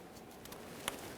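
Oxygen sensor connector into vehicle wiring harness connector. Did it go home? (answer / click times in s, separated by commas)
yes / 0.9 s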